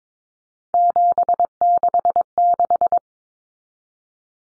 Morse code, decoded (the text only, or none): 766